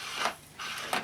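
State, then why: Seated. The detachable handle of a Vax Air 3 Total Home upright vacuum cleaner is pushed into its socket on the main body. After a brief scraping sound, a single short click at 0.9 s marks the handle latching into place, with no talk.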